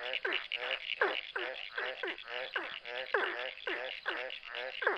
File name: ORNATE BURROWING FROG